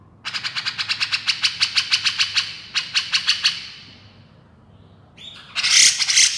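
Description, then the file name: Grey-cheeked bulbul: a long run of harsh, buzzy notes, fading out, then a loud, rasping burst. Female bird. "suara cucak jenggot betina"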